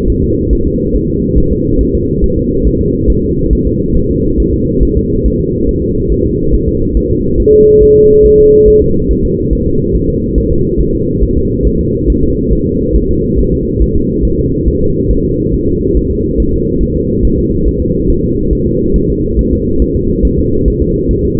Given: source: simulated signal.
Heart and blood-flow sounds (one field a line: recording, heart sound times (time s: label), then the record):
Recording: fetal heart sounds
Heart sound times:
0.10 s: S1
0.24 s: S2
0.53 s: S1
0.67 s: S2
0.96 s: S1
1.10 s: S2
1.38 s: S1
1.52 s: S2
1.81 s: S1
1.95 s: S2
2.24 s: S1
2.38 s: S2
2.67 s: S1
2.81 s: S2
3.10 s: S1
3.24 s: S2
3.53 s: S1
3.67 s: S2
3.97 s: S1
4.11 s: S2
4.40 s: S1
4.54 s: S2
4.83 s: S1
4.97 s: S2
5.26 s: S1
5.40 s: S2
5.69 s: S1
5.83 s: S2
6.12 s: S1
6.26 s: S2
6.54 s: S1
6.68 s: S2
6.97 s: S1
7.11 s: S2
7.40 s: S1
7.54 s: S2
7.83 s: S1
7.97 s: S2
8.26 s: S1
8.40 s: S2
8.68 s: S1
8.82 s: S2
9.11 s: S1
9.25 s: S2
9.53 s: S1
9.67 s: S2
9.96 s: S1
10.10 s: S2
10.38 s: S1
10.52 s: S2
10.81 s: S1
10.95 s: S2
11.24 s: S1
11.38 s: S2
11.67 s: S1
11.81 s: S2
12.10 s: S1
12.24 s: S2
12.53 s: S1
12.67 s: S2
12.97 s: S1
13.11 s: S2
13.40 s: S1
13.54 s: S2
13.82 s: S1
13.96 s: S2
14.25 s: S1
14.39 s: S2
14.68 s: S1
14.82 s: S2
15.11 s: S1
15.25 s: S2
15.54 s: S1
15.68 s: S2
15.97 s: S1
16.11 s: S2
16.40 s: S1
16.54 s: S2
16.83 s: S1
16.97 s: S2
17.25 s: S1
17.39 s: S2
17.68 s: S1
17.82 s: S2
18.10 s: S1
18.24 s: S2
18.53 s: S1
18.67 s: S2
18.96 s: S1
19.10 s: S2
19.39 s: S1
19.53 s: S2
19.82 s: S1
19.96 s: S2
20.25 s: S1
20.39 s: S2
20.68 s: S1
20.82 s: S2
21.11 s: S1
21.25 s: S2
From the record:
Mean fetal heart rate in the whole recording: 140 bpm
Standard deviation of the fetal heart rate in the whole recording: 2 bpm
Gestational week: 34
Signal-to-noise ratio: -15.3 dB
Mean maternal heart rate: 72 bpm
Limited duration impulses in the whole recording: present